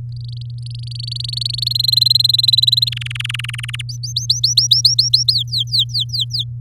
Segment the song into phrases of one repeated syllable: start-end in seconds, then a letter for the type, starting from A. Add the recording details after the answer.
0.09-1.73 A, 1.75-2.89 B, 2.92-3.82 C, 3.89-5.32 D, 5.33-6.44 E. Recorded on 7 May 2018 at 15:29. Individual llb16